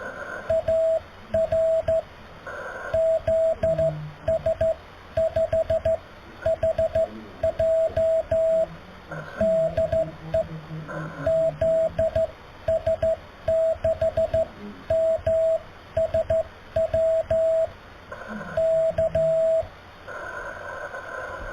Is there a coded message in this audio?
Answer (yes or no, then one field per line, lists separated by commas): yes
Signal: Morse code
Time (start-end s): 0.5-19.6 s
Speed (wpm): 14 wpm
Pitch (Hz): 650 Hz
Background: radio noise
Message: AR ZS5HJ DE ZS6MSW K